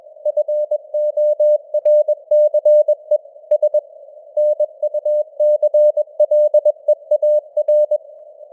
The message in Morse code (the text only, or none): FORCE S NUCLEAR